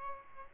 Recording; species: mosquito wingbeat signal from an infrared sensor; Aedes albopictus